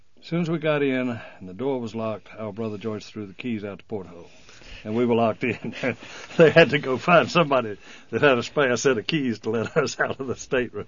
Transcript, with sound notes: Soon as we got in and the door was locked, our brother George threw the keys out the porthole. And we were locked in. (he laughs) They had to go find somebody that had a spare set of keys to let us out of the state room.